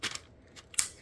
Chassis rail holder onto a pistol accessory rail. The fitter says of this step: When you do, you heard that click. It's locked in there.